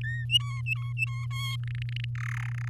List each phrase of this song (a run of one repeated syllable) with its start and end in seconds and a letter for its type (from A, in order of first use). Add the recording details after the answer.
0.04-0.26 A, 0.29-1.26 B, 1.30-1.56 C, 1.63-2.05 D, 2.15-2.50 E, 2.51-2.68 F. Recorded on 10 May 2018 at 14:14. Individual llb16